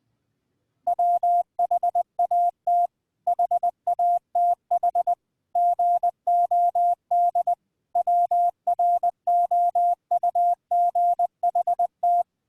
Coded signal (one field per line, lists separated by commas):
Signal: Morse code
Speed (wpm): 20 wpm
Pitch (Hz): 700 Hz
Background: none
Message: WHAT HATH GOD WROUGHT